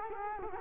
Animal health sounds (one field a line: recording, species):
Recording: mosquito wingbeat signal from an infrared sensor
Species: Culex quinquefasciatus